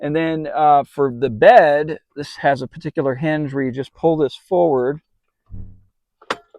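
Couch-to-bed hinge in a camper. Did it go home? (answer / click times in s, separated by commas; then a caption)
yes / 6.3 s. A person talks while pulling the couch/bed frame of a DIY teardrop camper forward on its special fold-out hinge. After a pause with a faint shuffle around 5.5 s, the hinge locks into place with a sharp snap at 6.3 s, seating the couch-to-bed hinge.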